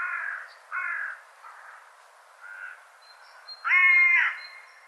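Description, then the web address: Bird calls: a few soft, hoarse caws, ending in one loud, nasal, drawn-out call. "cianscape birddata"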